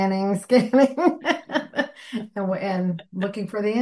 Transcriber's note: laughs